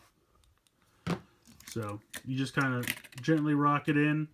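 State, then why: Not seated. A plastic accessory's tab is lined up with the hole at the back of the roof mount on a Tomica Hyper Rescue Drive Head 01 Sonic Interceptor toy vehicle and gently rocked in, before being pushed down to snap. Faint small handling ticks come at about 0.4 and 0.7 seconds, then someone talks from about 1.1 seconds. Nothing has seated or clicked yet.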